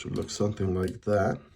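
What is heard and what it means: A folding knife kit's handle scale is handled while being lined up over the back standoffs, the pivot and the stop pin, to be pressed down until it seats. Someone talks throughout the clip. Nothing has seated or clicked yet.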